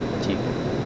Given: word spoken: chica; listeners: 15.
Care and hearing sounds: one Spanish word in noise, from a listening test; speech-shaped noise; -5.3 dB; 1 of 15; 10 of 15; 0.45 s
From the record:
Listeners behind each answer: 10, 1, 1, 1, 1, 1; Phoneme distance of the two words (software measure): 10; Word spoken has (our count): 2 syllables, 4 phonemes, stress on syllable 1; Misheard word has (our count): 2 syllables, 4 phonemes, stress on syllable 1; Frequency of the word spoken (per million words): 39.88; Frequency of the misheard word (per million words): 36.91

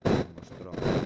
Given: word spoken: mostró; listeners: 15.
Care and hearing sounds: one Spanish word in noise, from a listening test; noise modulated by one talker; -11.4 dB; 1 of 15; 11 of 15; 0.66 s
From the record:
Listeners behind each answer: 11, 1, 1, 1, 1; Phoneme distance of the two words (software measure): 14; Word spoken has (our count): 2 syllables, 6 phonemes, stress on syllable 2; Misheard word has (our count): 3 syllables, 8 phonemes, stress on syllable 3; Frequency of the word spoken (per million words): 49.98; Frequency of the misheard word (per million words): 19.52

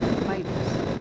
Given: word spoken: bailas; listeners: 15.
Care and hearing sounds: one Spanish word in noise, from a listening test; noise modulated by three-talker babble; -7.0 dB; 4 of 15; 7 of 15; 0.61 s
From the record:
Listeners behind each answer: 7, 4, 1, 1, 1, 1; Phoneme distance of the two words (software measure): 10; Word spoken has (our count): 2 syllables, 6 phonemes, stress on syllable 1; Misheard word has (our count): 2 syllables, 6 phonemes, stress on syllable 1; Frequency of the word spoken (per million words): 0.33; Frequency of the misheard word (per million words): 9.04

